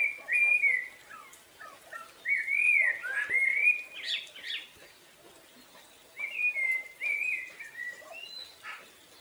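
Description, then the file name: Common blackbird song: rich warbled whistles in several phrases separated by short pauses, some ending in a squeaky flourish, with thin high calls of other birds behind. Recorded at 6:13 on 19 March 2010. "Melro 6 h 13 19 Mar 2010"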